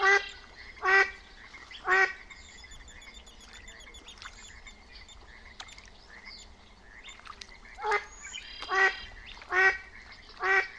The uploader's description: The air is so clear of noise you’ll actually be able to hear the tiny splashes of lake trout gobbling up insects from just below the surface.